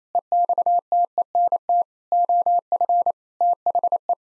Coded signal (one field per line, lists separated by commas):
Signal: Morse code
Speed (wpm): 28 wpm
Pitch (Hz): 700 Hz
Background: none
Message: EXTENT OF THE